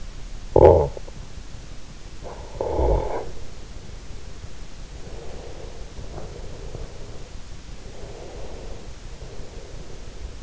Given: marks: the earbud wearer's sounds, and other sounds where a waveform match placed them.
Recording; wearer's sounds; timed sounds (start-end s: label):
sounds in sleep by an in-ear microphone; snoring breath, breath
0.35-1.50 s: snoring breath
2.09-4.69 s: snoring breath
4.87-7.69 s: breath
7.91-10.43 s: breath